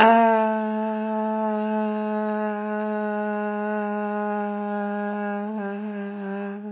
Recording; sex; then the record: sustained vowel /a/; female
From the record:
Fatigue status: no fatigue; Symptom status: symptomatic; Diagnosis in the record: COVID-19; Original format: 3gp